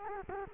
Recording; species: mosquito wingbeat signal from an infrared sensor; Culex quinquefasciatus